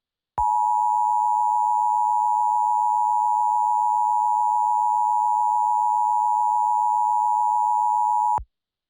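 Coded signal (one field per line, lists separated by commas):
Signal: Emergency Alert System (SAME) tones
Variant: 853 and 960 Hz attention tone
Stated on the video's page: Fictional EAS scenario about an alien invasion.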